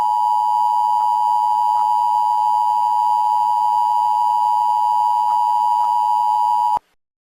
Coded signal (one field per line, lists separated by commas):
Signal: Emergency Alert System (SAME) tones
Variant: 853 and 960 Hz attention tone